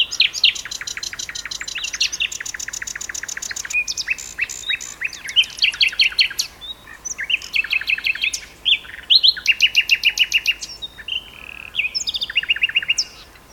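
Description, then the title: Common nightingale song, varied phrases of rapid clicking rattles, sharp chirps and repeated notes, with short pauses between bursts. Two nightingales singing in duet on Westleton Heath. "sanderson. nightingale duet on westleton heath"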